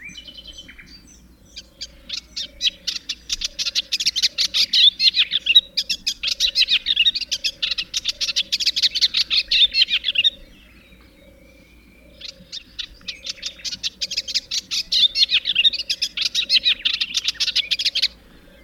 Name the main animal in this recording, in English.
Eastern Olivaceous Warbler